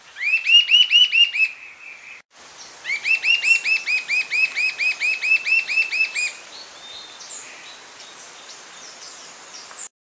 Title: LuckyPassaro Completos2Sama. Sibilant Sirystes (Sirystes sibilator sibilator (ssp assumed from location))